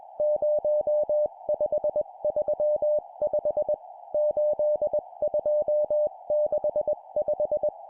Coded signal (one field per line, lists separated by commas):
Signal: Morse code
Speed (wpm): 21 wpm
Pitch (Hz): 600 Hz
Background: music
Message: 0535 8265